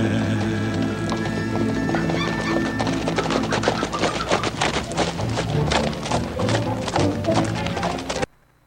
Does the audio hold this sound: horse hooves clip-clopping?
yes